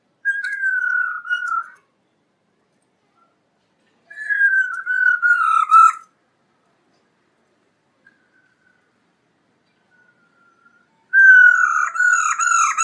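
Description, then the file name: Laughingthrush song: three loud bursts of slightly falling whistled phrases with some buzzy overtones, separated by silent gaps of a few seconds. Female bird, singing. "Tieng khuou mai hot"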